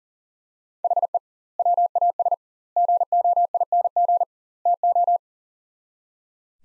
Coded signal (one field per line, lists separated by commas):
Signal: Morse code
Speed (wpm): 40 wpm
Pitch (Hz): 700 Hz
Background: none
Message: HE WAS GOING TO